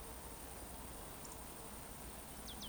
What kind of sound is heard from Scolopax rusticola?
whistle